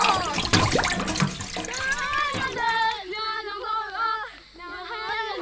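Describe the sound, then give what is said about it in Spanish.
A rush of flowing, splashing water fills the first half, then gives way to a wavering, melodic tone that rises and dips in a shimmering transition effect. “Agua, agüita, llévame al río, llévame a la isla.”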